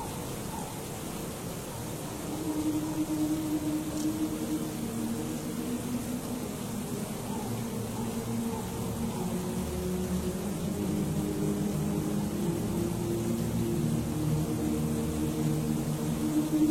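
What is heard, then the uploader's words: Stormy ambience in a monastery: a continuous low, rumbling roar fills the whole stretch, with droning, slowly wavering tones riding inside it like wind moaning. It swells slightly after the first couple of seconds and then holds steady, over a thin, constant hiss. Stormy Night In A Medieval Monastery. Stormy ambience in a monastery.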